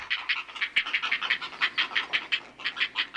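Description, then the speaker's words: Heron fledglings giving rapid, rhythmic raspy calls, a steady chorus of harsh clucking notes. Healthy, growing heron fledglings calling in the nest, nearly ready to fly. "Ah, music to the heron parents' ears. Healthy, growing fledglings ready to take off."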